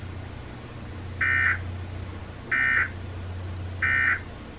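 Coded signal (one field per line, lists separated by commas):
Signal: Emergency Alert System (SAME) tones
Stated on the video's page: Required monthly test received on weather and FM radios with heavy static, possibly from wind or radios interfering with each other.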